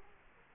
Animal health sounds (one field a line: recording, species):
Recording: mosquito wingbeat signal from an infrared sensor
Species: Aedes aegypti